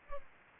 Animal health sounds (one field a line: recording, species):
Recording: mosquito wingbeat signal from an infrared sensor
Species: Culex pipiens